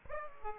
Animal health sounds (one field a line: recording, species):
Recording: mosquito wingbeat signal from an infrared sensor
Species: Aedes aegypti